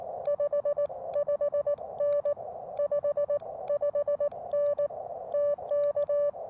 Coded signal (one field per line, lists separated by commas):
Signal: Morse code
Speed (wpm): 18 wpm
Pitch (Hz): 560 Hz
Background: none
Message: 55N 55N TK